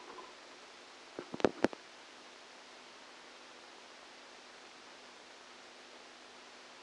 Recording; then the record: brain microelectrode recording played as sound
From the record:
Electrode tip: outside the subthalamic nucleus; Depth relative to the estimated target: -10 mm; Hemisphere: left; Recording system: NeuroSet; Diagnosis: Parkinson's disease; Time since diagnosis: 12 years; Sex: male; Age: 61 years